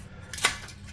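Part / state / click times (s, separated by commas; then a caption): cylinder air deflector onto engine cylinder stud / seated / 0.3 s. A sheet-metal cylinder air deflector tin is pressed onto an 8mm cylinder stud of an air-cooled VW engine during a long block rebuild. A short bright metallic snap sounds at 0.3 s over a faint low hum. The deflector clip seats on the stud.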